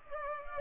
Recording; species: mosquito wingbeat signal from an infrared sensor; Culex pipiens